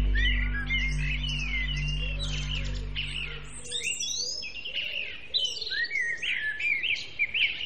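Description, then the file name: Bird song, varied rising and falling whistled phrases from several birds, with a low steady hum in the first few seconds. "naturelax birds"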